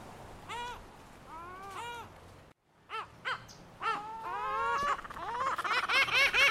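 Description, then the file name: Lava gull giving varied nasal cries and drawn-out wails, breaking off briefly, then building into a faster, louder run of yelping notes. "Canto da Gaivota da Lava"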